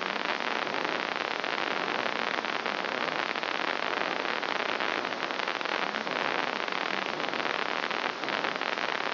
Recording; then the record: brain microelectrode recording played as sound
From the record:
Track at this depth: inside the subthalamic nucleus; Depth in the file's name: 1.34 mm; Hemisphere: left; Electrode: 2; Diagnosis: Parkinson's disease